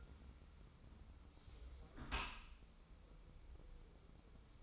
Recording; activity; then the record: daily activity, microphone in the room; close dishwasher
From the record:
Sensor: 1